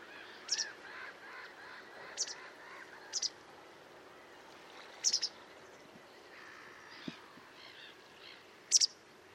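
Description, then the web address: Bird giving brief, very high chirps at irregular intervals, some doubled, over a steady background hiss. "cianscape birddata Deverinetal 2025"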